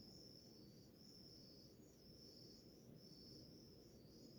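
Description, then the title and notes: Many crickets chirping, a bright high trill pulsing in repeated surges, steady low background noise throughout. Chorus of crickets in the early morning, in a village in the middle of the Mata Atlântica rainforest. "Crickets, firsts birds in the early with morning rooster to deep relax - Grilos, pássaros e galo nas primeiras horas da manhã. Ouça a sinfonia de grilos em uma relaxante vila em meio a Mata Atlântica"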